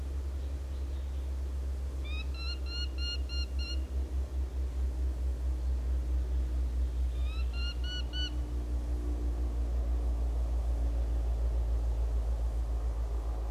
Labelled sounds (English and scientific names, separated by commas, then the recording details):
Eurasian Hobby (Falco subbuteo) call
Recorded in the wild
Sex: male
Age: adult
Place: Bielefeld-Stieghorst, Nordrhein-Westfalen, DE
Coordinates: 51.9833, 8.63333
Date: 1971-07-01
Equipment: Uher 4000 Report-S, Bändchenmikro Beyer M 260, Parabolspiegel Polyester (470 mm)
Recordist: Conrads, Klaus